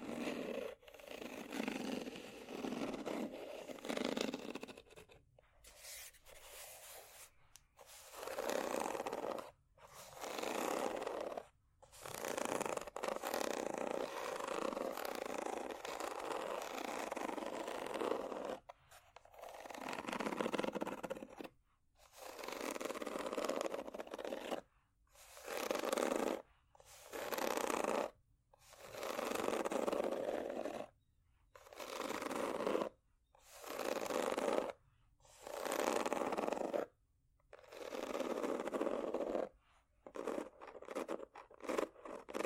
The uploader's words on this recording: ASMR Scratching Ridges For Tingles （No Talking）.